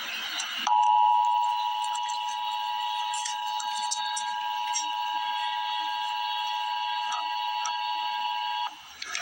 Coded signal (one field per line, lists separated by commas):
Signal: Emergency Alert System (SAME) tones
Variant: 853 and 960 Hz attention tone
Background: speech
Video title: Emergency Alert System - Dense Fog Advisory - Feb 15, 2026 at 9:13 PM EST